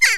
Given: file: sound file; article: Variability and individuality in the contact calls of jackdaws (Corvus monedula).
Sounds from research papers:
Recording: jackdaw call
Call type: harmonic

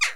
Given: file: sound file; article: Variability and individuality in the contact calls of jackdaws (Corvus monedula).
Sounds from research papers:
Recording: jackdaw call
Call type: harmonic

